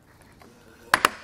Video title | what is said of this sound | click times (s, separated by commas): etrailer - Ultimate Overview of the Rhino-Rack ROC25 Roof Rack for Naked Roofs | you just push it you hear it snap into place and it's on there | 0.9 s, 1.1 s